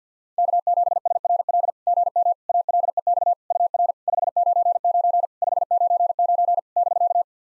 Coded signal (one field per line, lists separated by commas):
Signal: Morse code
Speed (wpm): 50 wpm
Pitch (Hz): 700 Hz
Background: none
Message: K7SRL GM ALEX UR 599 599 <BK>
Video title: SOTA QSO Practice 50wpm